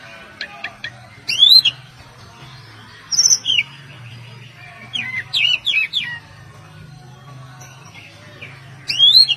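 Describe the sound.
Oriental magpie-robin song: several short bursts of rich whistled, sweeping notes and trills separated by pauses, over a background of softer bird chatter and a low hum.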